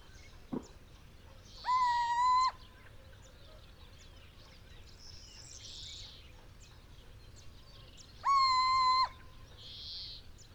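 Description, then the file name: Little owl hooting, two level hoots several seconds apart, each lasting under a second. Male of subspecies saharae, recorded in Morocco. "Cucumiau Hooting of male saharae Morocco"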